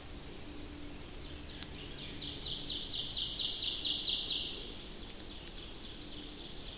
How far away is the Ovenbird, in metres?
about 40 m